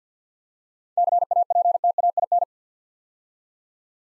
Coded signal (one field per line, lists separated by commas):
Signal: Morse code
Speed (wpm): 48 wpm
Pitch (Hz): 700 Hz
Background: none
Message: CAPTAIN